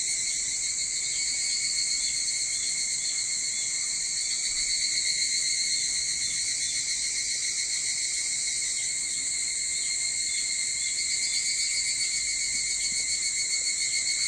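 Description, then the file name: Evening cicadas in full chorus, a sustained shrill drone with subtle pulsing that swells slightly midway and then holds steady. Recorded 22 July 2023 at 04:40. "higurashi 230722 0440"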